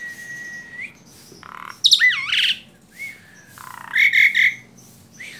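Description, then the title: Asian pied starling song: a long level whistle, then harsh rasping notes and warbling wavy whistles in irregular bursts against a steady background hiss. Masteran recording, a training track played to caged birds so they learn the song. "Masteran Jalak Suren"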